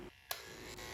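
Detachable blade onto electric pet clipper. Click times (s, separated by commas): 0.3 s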